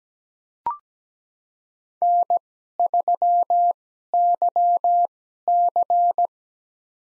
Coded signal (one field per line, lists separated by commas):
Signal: Morse code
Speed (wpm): 17 wpm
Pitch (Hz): 700 Hz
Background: none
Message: N3YC